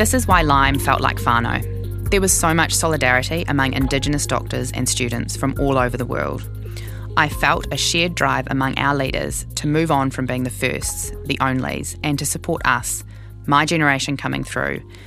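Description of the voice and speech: One adult speaks fluently at an even pace with clear, ordinary voicing and a low steady hum behind.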